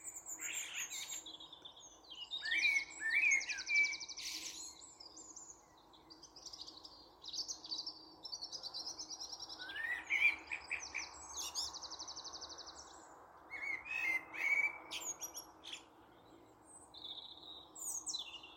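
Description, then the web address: Birds calling: irregular chirps and whistles interspersed with high buzzy rattles, quiet gaps between bursts over faint background hiss. "cianscape birddata Deverinetal 2025 Bird Only Tu Me Tu Me"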